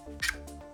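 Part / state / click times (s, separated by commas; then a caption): robot docking connector into its mating satellite port / not seated / none. The printed male and female parts of a DIY robot-arm docking mechanism for satellites, a robot docking connector and its mating satellite port, are handled as they are brought together for a first test. Short handling sounds land at about 0.2, 0.5 and 0.7 seconds over a steady tonal hum. Nothing has seated or clicked yet.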